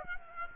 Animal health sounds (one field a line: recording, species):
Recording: mosquito wingbeat signal from an infrared sensor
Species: Aedes aegypti